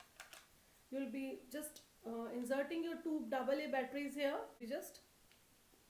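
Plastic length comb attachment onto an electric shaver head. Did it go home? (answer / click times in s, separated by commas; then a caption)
yes / 0.2 s, 0.3 s. A plastic length-setting comb attachment is refitted onto the head of a Philips electric shaver and seats with two short, sharp clicks at 0.2 s and 0.3 s. Someone then talks for the rest of the clip.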